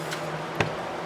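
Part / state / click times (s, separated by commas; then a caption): plastic handle housing half snapping onto the other half of a string trimmer handle / seated / 0.6 s. The two plastic halves of a Stihl string trimmer's handle housing are squeezed together by hand over the repaired throttle lock trigger. One sharp snap at 0.6 s marks them seating into place. A steady low hum runs underneath.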